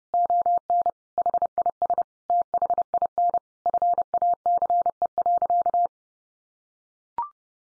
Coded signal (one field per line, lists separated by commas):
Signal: Morse code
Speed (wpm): 30 wpm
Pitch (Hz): 700 Hz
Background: none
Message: ON HIS THIN FACE.